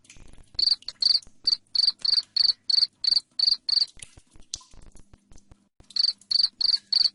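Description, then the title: Cricket chirping, even run of sharp pulsed chirps roughly three per second, a pause with scattered clicks and a faint hum, then chirping resumes. Loud cricket chirping used to make lovebirds sing continuously. "Suara JANGKRIK NGERIK Keras Bikin LOVEBIRD Jadi NGEKEK Terus Vubey"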